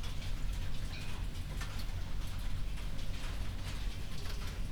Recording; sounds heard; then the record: poultry house recording; no chicken sound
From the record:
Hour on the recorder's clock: 22